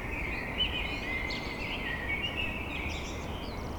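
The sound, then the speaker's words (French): Faint blackbird song at dawn: fluttering, whistled phrases that drift in and out over a steady hiss of background noise, with no voices present. “Ce bruit blanc appartient aux merles de l'aube à l'aurore.”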